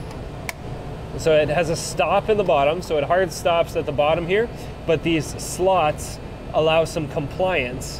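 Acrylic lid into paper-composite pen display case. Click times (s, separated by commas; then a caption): 0.5 s. An acrylic lid is pressed down into a pen display case made of dense paper-epoxy composite, hard-stopping at the bottom with a single sharp click at 0.5 s. The lid clicks in place and is seated, and someone talks afterward.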